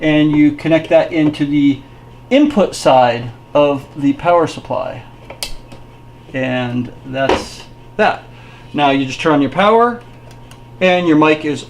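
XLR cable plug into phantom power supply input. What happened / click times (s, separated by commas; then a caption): The cable connector clicked home in its socket / 5.4 s. A Neewer microphone's XLR cable plug is pushed into the input side of a phantom power supply while someone talks. A faint tick comes at 5.3 s, then a sharp click at 5.4 s as the plug locks in, and the connector is seated.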